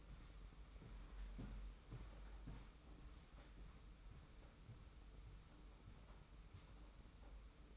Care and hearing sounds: daily activity, microphone in the room; walk to room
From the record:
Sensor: 1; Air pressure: 991.1 hPa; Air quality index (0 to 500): 91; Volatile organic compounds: 33 ppm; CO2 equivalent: 3015 ppm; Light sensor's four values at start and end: 35/113/44/46 and 35/114/44/46

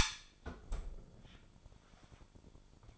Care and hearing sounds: daily activity, microphone in the room; close fridge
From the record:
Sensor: 5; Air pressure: 1007.9 hPa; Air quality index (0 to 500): 96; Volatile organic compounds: 1 ppm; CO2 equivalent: 751 ppm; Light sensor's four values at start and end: 40/92/38/40 and 39/90/37/39

